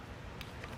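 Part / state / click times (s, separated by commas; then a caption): torque tool on roof rack foot bolt / torque reached / 0.4 s. A torque-limiting tool is twisted on a roof rack foot bolt over a steady low background hum, and it gives a sharp click at 0.4 s, followed by a softer tick at about 0.6 s. The click shows the foot is tightened to the specified torque.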